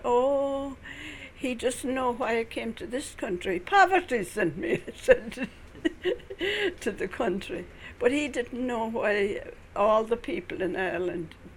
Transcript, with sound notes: Oh, he doesn't know why I come to this country. Poverty sent me (she laughs) to the country. But he didn't know why all the people in Ireland